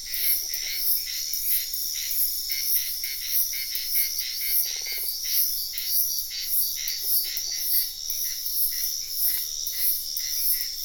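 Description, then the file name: Insects chirping in a dense, shrill, steadily pulsing chorus, with short low frog trills breaking in now and then. Wetland at night in Sian Ka'an Biosphere Reserve, with frogs also heard. "felix blume nature ambience wetland night frogs insects bird heron type sian ka an biosphere reserve"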